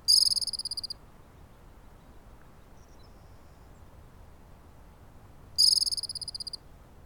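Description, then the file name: Squirrel giving two shrill, fast-pulsed trills about five seconds apart, each about a second long, with quiet hiss between. Recorded at Soda Butte on 24 June 2010. "20100624 102252 Soda Butte Squirrel"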